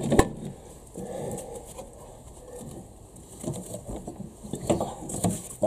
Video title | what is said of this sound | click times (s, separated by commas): CRX Part 11 Driveshaft boot and indicator fix | that's in great thank you so I going and how do you know it's in well you can just do that if you hear that click | 0.2 s